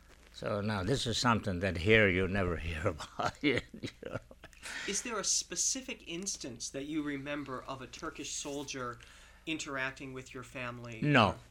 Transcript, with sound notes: So, now, this is something that here you'd never hear about. ( he laughs )
Is there a specific instance that you remember of a Turkish soldier interacting with your family, or...